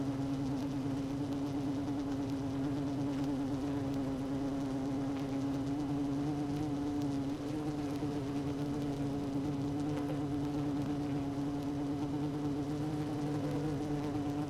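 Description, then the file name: Honey bee hive drone, a constant low buzzing tone that wavers slightly in pitch, with fainter harmonics stacked above. Hive 1 with queen bee, recorded 12 June 2018 at 16:30. "Hive 1 12 06 2018 Queen Bee H 1 audio 16 30 00"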